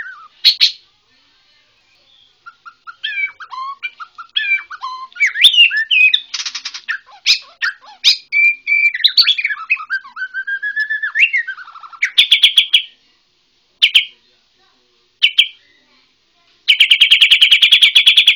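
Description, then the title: White-rumped shama song: a long varied medley of whistles and chattering notes, ending in a harsh rapid buzzy trill. Bornean white-rumped shama (murai Borneo). "MURAI BORNEO MAS KIKI"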